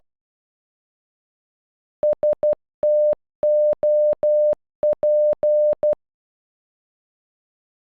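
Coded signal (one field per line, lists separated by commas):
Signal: Morse code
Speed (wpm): 12 wpm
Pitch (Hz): 600 Hz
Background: none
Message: STOP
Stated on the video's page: Morse code for a single word, made with an online translator tool.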